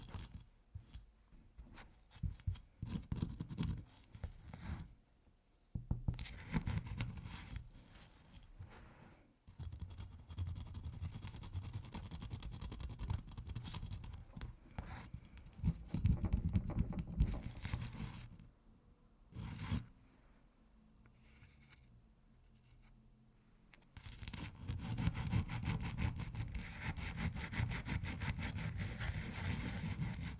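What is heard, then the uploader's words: Ice is scratched and scraped in rough, grinding bursts with a low, gritty rumble, broken by short pauses around six, nine and twenty seconds. A quieter stretch of light rubbing follows before heavier, steady scraping resumes in the last few seconds. ASMR Ice Tapping & Scratching (No Talking).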